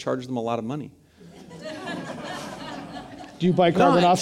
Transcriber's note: laughter